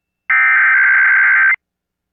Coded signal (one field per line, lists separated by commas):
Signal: Emergency Alert System (SAME) tones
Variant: header bursts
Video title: KLMM-FM & KSBQ-AM IPAWS Required Weekly Test (EAS #1262-1263) 9/18/23